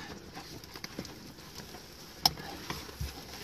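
A plastic buckle on a Rightline Gear side storage bag strap, wrapped around a Jeep roll bar, is pushed together and snaps into place with a sharp click at 2.3 s, seating the buckle. Faint ticks and rustles are heard before it, and another loud tap comes near the end at 3.5 s.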